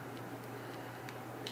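A plastic turn signal extension connector for Advanblack ST fairing lowers with LED turn signals is handled against the motorcycle wiring harness connector near the fairing, ready to be pushed together. Faint handling ticks sit over a steady low background hum, with two brief sharper taps at about 1.1 s and 1.5 s. The connector has not seated or clicked in yet.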